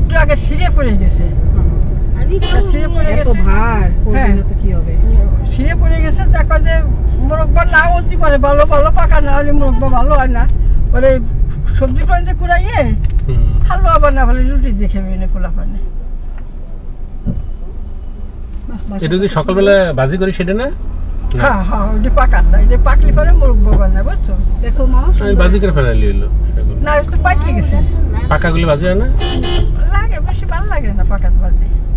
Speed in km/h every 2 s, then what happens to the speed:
33, 33, 36, 38, 33, 20, 8, 0, 0, 0, 0, 0, 5, 11, 19, 14.
0-5 steady at about 33. 5-14 brakes to 0. 14-23 standing. 23-27 pulls away to 19.